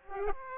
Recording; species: mosquito wingbeat signal from an infrared sensor; Aedes aegypti